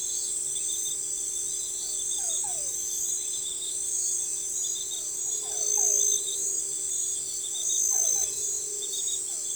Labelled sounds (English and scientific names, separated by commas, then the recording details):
none
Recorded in forest near Pivijay, Magdalena, Colombia, on 13 April 2023 at 00:30
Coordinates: 10.467, -74.380
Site Z5-G034